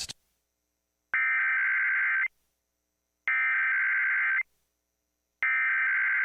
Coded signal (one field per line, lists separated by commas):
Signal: Emergency Alert System (SAME) tones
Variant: header bursts